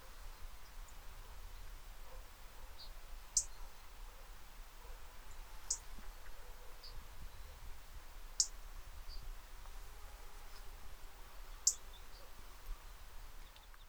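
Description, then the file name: European robin uttering isolated thin, sharp high ticks every few seconds, with faint softer notes between them and a steady low background rumble. "Erithacus rubecula"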